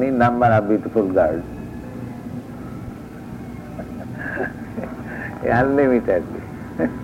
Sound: laughs